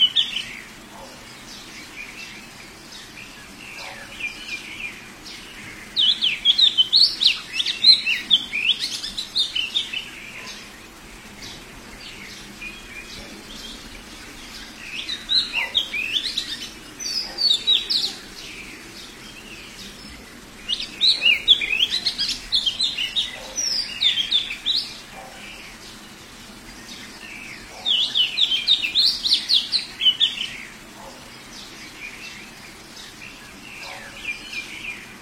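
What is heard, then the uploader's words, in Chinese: A small bird on a garden fence sings bright, chattering bursts every few seconds over a quiet, steady outdoor background with faint low rumble. 菜园篱笆上的小鸟。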